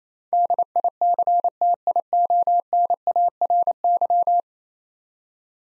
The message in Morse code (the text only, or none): DICTIONARY